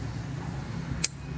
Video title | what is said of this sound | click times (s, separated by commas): Narito Ang Aking Karanasan Sa Pagiging ELECTRICIAN-MotoElect TV | Then, bitawan nyo. Yun. Ayan guys, nakalock na siya. Hindi na maalis yan. | 1.0 s